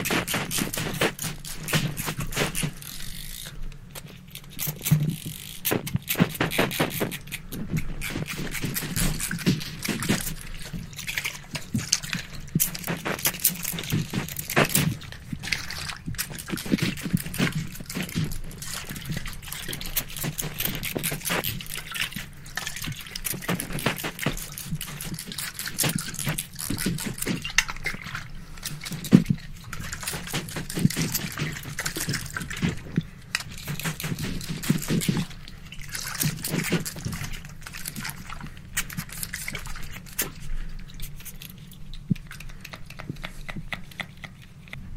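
A barbershop spray bottle fires in fast, dense bursts of hissing spritzes, nearly continuous for the whole stretch, with a steady low hum underneath.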